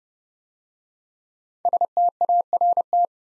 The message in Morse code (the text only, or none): START